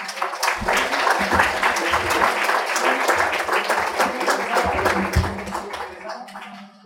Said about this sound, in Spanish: Le damos un aplauso, por favor.